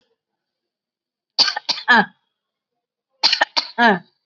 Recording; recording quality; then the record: shallow voluntary cough; excellent, no background noise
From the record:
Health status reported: exposed to COVID-19, no respiratory illness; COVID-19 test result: negative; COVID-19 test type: RT-PCR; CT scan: taken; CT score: 15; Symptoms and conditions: breathing difficulty, fatigue, chronic lung disease, ischaemic heart disease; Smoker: no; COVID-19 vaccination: both doses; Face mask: worn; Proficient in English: yes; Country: India